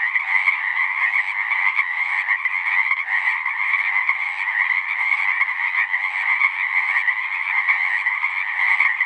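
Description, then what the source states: Pacific chorus frogs produce a dense, continuous chorus of harsh, rhythmic croaks layered so closely they merge together. Full chorus recorded after dusk; males giving the advertisement call, a distinct kree-eeck or ribbit, to attract females.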